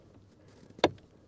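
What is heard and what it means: A plastic interior footwell trim panel on a Mini Cooper SE is pushed up and in against the dashboard footwell until its clips engage. Faint rustling leads into one sharp, bright snap at 0.8 s with a brief tail. The panel is seated and clicked back in.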